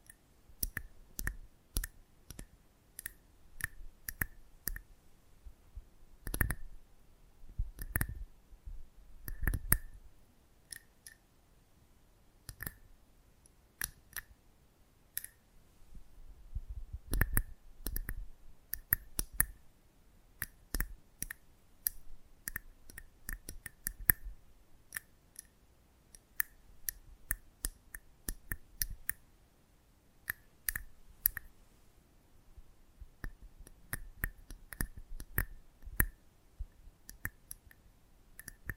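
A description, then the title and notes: Close-up microphone handling: a steady run of sharp clicks and small taps, irregular but frequent across the whole clip. A few heavier, louder knocks land around 6–10 and 17 seconds, with a faint low rumble underneath. ASMR Close Up Mic Treatment Tingle Galore (No Talking).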